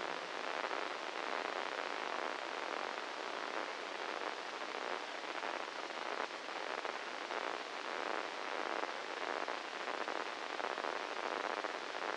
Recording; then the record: brain microelectrode recording played as sound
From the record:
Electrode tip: inside the subthalamic nucleus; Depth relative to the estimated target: -3 mm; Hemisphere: right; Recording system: NeuroSet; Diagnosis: Parkinson's disease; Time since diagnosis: 10 years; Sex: male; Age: 56 years